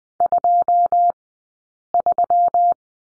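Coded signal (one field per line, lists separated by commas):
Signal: Morse code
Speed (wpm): 20 wpm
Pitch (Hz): 700 Hz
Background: none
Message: 23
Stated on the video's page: Morse code course lesson on the letter b, two characters, sent at a Farnsworth speed of 20/10 wpm.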